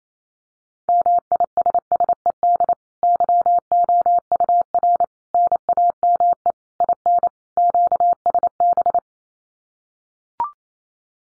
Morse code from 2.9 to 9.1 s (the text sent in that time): YOUR NAME IN QSB